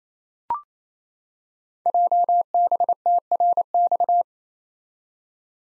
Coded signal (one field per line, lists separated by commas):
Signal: Morse code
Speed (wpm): 29 wpm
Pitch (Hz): 700 Hz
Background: none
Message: JBTRX